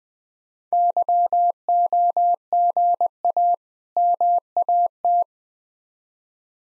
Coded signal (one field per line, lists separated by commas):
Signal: Morse code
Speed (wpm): 21 wpm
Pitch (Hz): 700 Hz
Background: none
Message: YOGA MAT